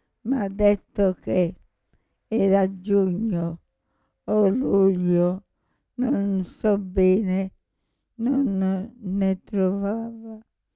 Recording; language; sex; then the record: read passage; Italian; female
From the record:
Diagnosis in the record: Parkinson's disease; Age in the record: 65 years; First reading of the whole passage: 242 s, 2.1 characters per second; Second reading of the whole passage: 180 s, 2.9 characters per second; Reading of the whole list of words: 168 s, 1.7 characters per second